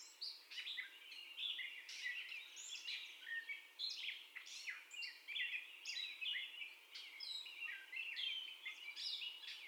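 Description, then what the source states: Gray catbird song: quick, jumbled sequence of squeaky, slurred and rasping notes with brief gaps, continuing for the whole stretch. First song, recorded 30 May 2021.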